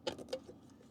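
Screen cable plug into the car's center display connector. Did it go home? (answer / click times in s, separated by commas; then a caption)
yes / 0.3 s. A screen cable plug is lined up and pushed by hand into its connector on a Tesla's center display. A few light plastic taps and rustles come first, then a sharp click at 0.3 s as the plug latches, fully seated, and the clip fades into quiet handling noise.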